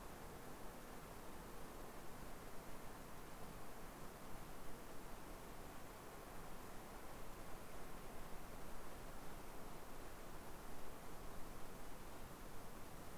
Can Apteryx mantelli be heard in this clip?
no